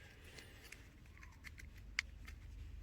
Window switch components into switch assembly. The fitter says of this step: all right so that's all clicked back in then this just sits up in here